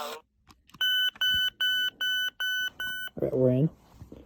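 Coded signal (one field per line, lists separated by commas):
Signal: none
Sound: furby test mode beeps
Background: speech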